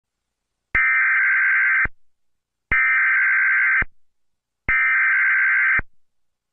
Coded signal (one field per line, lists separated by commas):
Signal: Emergency Alert System (SAME) tones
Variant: header bursts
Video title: Washington DC EAs alarm